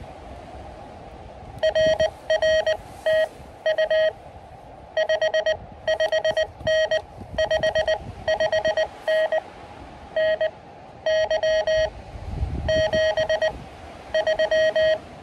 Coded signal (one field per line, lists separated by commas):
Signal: Morse code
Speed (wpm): 20 wpm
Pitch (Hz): 630 Hz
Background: none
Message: RR TU 55N 55N NY 73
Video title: KD2YDN activates W2/GC-056 & W2/GC-003 in K-8070 for 26 pts. SOTA/POTA qrp.